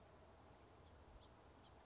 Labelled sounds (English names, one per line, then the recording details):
House Finch
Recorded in Sonoma County, California